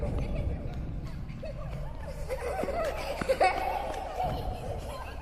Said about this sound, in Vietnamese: Ông nghe có tiếng cười khúc kha khúc khích của trẻ con vang lên, dường như là có đứa trẻ nào đang chạy chơi ở trong nhà vậy.